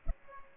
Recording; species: mosquito wingbeat signal from an infrared sensor; Culex pipiens